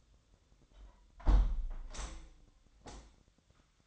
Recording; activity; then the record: daily activity, microphone in the room; close window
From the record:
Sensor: 3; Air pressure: 1006.4 hPa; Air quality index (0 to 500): 195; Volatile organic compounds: 15 ppm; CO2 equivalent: 2484 ppm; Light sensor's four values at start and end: 10/24/10/10 and 10/23/9/9